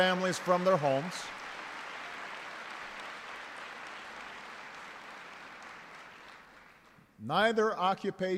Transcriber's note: applause